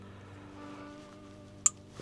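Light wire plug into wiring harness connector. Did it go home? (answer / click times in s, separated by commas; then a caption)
yes / 1.7 s. A light wire plug from an F150LEDS reverse light kit for a 2025 F-150 is pushed into the first plug of the vehicle wiring harness, a plastic weatherproof connector, against a steady low tonal hum. A single sharp click at 1.7 s confirms the connector has seated.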